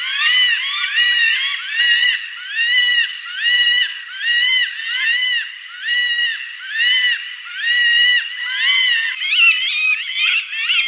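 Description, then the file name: Northern goshawk calls: continuous repeated arched, nasal wailing notes, rising and falling in waves with no clear break. "Duvhok"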